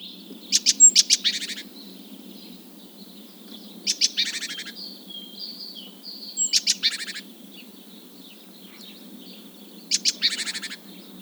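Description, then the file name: Great tit churring calls, four rapid rattling bursts of buzzy notes spaced a few seconds apart, with faint whistled notes between them. "Parus major"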